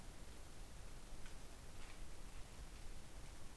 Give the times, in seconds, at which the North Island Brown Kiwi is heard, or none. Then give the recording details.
none. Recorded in New Zealand on 25 November 2015. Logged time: 01:28. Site CH66